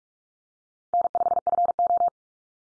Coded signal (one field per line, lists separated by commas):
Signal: Morse code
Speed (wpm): 44 wpm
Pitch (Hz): 700 Hz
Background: none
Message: N5FO